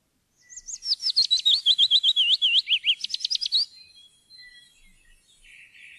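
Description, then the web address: Willow warbler song, a liquid run of sweet whistles falling down the scale, then a brief burst of higher upslurred notes; faint birds afterward. "fuglelyder-1 loevsanger"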